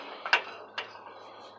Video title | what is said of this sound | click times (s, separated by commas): Fastway Flip Automatic Fold-Up Jack Foot with built in extension, a much needed upgrade! | now it's locked into place and it's going to start lifting to trailer | 0.3 s